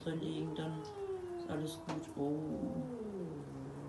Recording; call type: domestic cat vocalisation; yowl